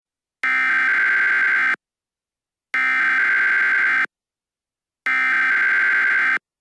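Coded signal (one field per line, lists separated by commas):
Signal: Emergency Alert System (SAME) tones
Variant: header bursts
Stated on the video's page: Mock EAS alert with valid tones, not a real alert.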